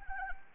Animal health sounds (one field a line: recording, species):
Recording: mosquito wingbeat signal from an infrared sensor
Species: Anopheles arabiensis